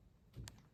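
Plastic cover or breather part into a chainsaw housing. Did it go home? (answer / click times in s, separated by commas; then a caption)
yes / 0.5 s. A plastic cover or breather part is pressed into a chainsaw housing and snaps into place with a short, sharp click at 0.5 s. A low thump of handling comes just before it, and the part is seated.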